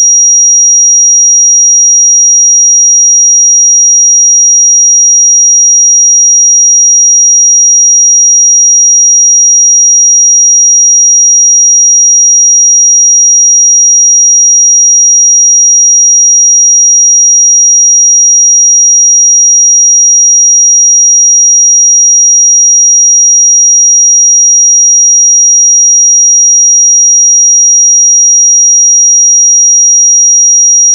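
A pure sine tone at 5720 Hz holds perfectly steady for the whole half minute, a thin, high, piercing whistle. Nothing else sounds around it: no background noise, no wavering in pitch or loudness, just the single bright line of tone.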